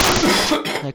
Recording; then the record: coughing mixed with background sound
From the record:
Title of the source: Man Coughing Sound - Wet Cough Sound Effect